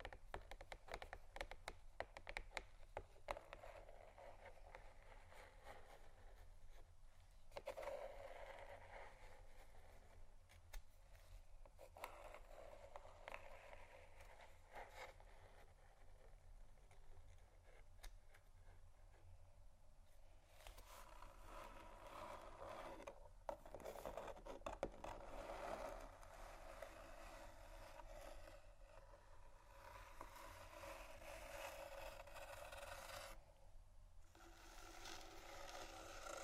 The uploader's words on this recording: ASMR Scratching & Tapping Cardboard Boxes（No Talking）.